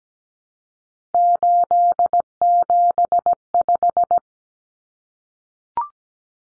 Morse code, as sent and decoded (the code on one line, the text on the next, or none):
---.. --... .....
875